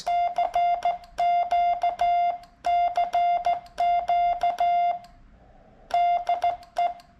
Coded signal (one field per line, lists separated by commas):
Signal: Morse code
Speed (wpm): 15 wpm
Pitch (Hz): 700 Hz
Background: none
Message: CQ CQ DE